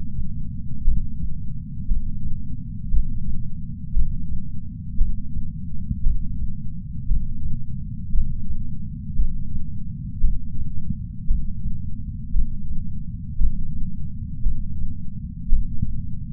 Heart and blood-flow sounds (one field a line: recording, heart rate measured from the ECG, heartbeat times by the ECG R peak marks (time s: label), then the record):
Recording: heart sounds by patch sensor on the chest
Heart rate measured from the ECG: 57 bpm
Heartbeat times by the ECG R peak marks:
0.84 s: heartbeat
1.88 s: heartbeat
2.90 s: heartbeat
3.93 s: heartbeat
4.97 s: heartbeat
6.03 s: heartbeat
7.07 s: heartbeat
8.11 s: heartbeat
9.16 s: heartbeat
10.21 s: heartbeat
11.27 s: heartbeat
12.32 s: heartbeat
13.37 s: heartbeat
14.43 s: heartbeat
15.49 s: heartbeat
From the record:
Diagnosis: coronary artery disease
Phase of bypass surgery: intraoperative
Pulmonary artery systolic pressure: 30 mmHg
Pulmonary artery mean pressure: 21 mmHg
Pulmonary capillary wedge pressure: 19 mmHg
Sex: male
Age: 57 years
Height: 183 cm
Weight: 85 kg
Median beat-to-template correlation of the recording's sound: 0.88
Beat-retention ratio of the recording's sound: 1.00